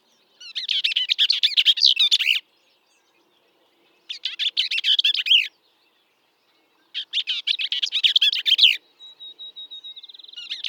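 Bell's vireo giving three hurried, scratchy warbled phrases, followed by a thin, high, steady tone near the end.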